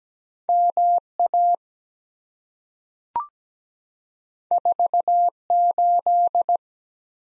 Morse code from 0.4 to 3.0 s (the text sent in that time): M A